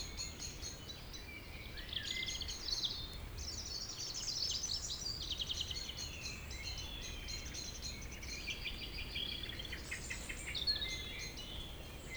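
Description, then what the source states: Birds fill the air with continuous overlapping trills, chirps and warbled phrases over constant background noise. Evening village birds singing in Tregastel bourg, Pleumeur-Bodou, France, around 8 pm, humid weather, April 2019; MKH 8040 ORTF pair with Rycote windshield and Zoom H5 recorder.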